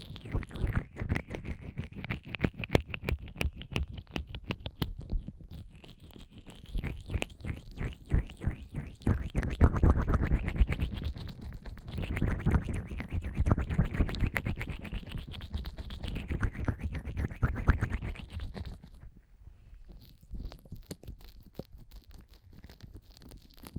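An ear massage with cream: fast, dense rubbing and squishing, a rapid run of sharp clicks and slick pops that stays busy for most of the clip. Louder smeared swells arrive around 10 and 16 seconds, and after about 19 seconds the rubbing thins to quieter scattered taps.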